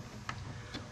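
A small plastic fork pries a plastic trim panel near the front strut tower of a C8 Corvette with Mag Ride. At 0.3 s the retaining clip releases from the car body with one sharp, short snap, and a fainter tick follows around 0.75 s. The clip pops free and the trim panel is released.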